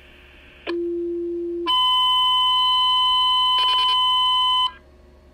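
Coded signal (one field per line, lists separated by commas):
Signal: two-tone page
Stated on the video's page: Two-tone page dispatching McAllen Fire Department to a brush fire.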